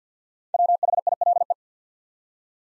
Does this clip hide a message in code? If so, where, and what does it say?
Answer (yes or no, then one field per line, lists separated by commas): yes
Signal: Morse code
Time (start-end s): 0.5-1.5 s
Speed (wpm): 50 wpm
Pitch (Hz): 700 Hz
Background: none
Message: WHILE